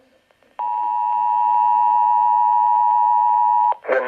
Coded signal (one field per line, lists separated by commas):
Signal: Emergency Alert System (SAME) tones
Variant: 853 and 960 Hz attention tone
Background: speech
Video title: The spirit is coming back!!! EAS Alerts from 6/22/19 (EAS #2,786 - 2,809)